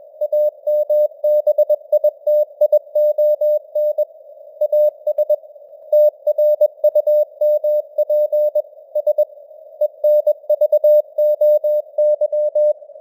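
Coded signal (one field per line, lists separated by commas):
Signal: Morse code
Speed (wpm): 21 wpm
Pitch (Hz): 600 Hz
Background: none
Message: AMBITION AS TRUMP S ENVOY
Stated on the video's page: Simulated radio news headlines in Morse code at 21 wpm, with simulated noise and varying signal strength (QSB).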